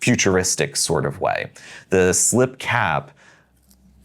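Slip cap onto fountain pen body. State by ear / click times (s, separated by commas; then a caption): seated / 3.7 s. Someone talks, then the slip cap of a Lamy fountain pen, which has a clutch mechanism, is pushed onto the pen body. It gives a short, sharp snap at 3.7 s as the cap clicks shut and sits securely in place.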